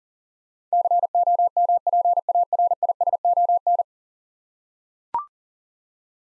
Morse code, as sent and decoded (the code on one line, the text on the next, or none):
-.-. --- -- .--. .- .-. .. ... --- -.
COMPARISON